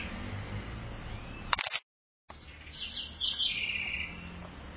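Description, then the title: Southern house wren: a brief sharp burst, then a bubbling phrase of high twittering notes ending in a dry trill. "cURRUIRA"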